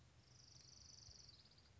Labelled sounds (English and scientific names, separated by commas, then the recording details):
Orange-crowned Warbler (Leiothlypis celata)
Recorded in Sonoma County, California